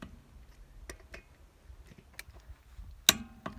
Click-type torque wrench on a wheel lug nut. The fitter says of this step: there you go and once you hear that click you're done don't keep going just get that one click and you're good to go so